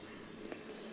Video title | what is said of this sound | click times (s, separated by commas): portable gas stove Unboxing in tamil - single burner stove Unboxing in tamil @Amazon | and முன்னாடி ஒரு button கொடுத்துருப்பாங்க. அதை நம்ம கீழே ப்ரெஸ் பண்ணி விட்டாக்கா அது லாக் ஆகிடும் ஆட்டோமேட்டிக்காக. | 0.5 s